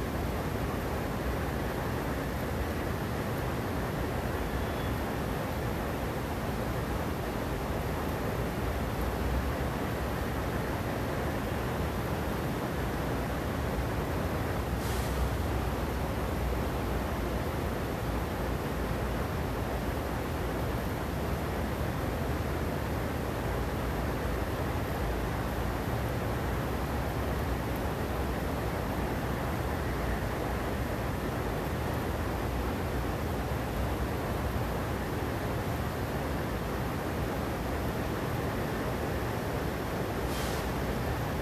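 Air conditioners drone steadily throughout, a dense, unchanging hiss and rumble with a strong low hum underneath. The level holds flat for the whole stretch, with only two brief, faint ticks near 15 and 41 seconds breaking the wash.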